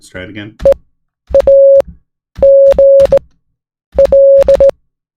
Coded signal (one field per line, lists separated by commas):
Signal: Morse code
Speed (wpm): 18 wpm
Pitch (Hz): 550 Hz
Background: speech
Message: EAGL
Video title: Morning Coffee + Morse Code + Learning C++ | Ep.1